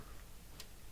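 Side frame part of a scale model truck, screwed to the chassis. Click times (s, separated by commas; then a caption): 0.6 s. A side frame part of a 1:12 scale model truck is screwed to the chassis with small metal DD screws. A single short, bright tick sounds at 0.6 s over a low background hum, and the part is locked in place.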